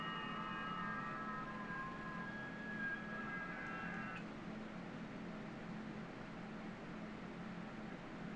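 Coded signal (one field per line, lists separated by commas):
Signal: FT8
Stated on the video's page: FT8 at QRP on 20 and 40 meters.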